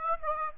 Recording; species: mosquito wingbeat signal from an infrared sensor; Aedes aegypti